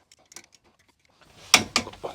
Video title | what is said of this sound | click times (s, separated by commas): How to Replace Front Brake Pads & Rotors on a Honda Ridgeline 2006 - 2015 (1st Generation) | go till it clicks and | 1.5 s, 1.8 s